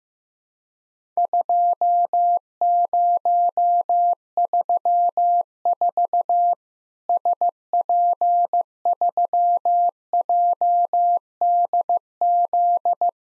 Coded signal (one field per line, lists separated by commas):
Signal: Morse code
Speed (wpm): 15 wpm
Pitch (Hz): 700 Hz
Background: none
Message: 2034 SP3JDZ